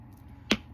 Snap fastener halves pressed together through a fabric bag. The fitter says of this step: getting that one and I'm just going to make sure I heard the snap but I'm just going to make sure oh it eased a little more so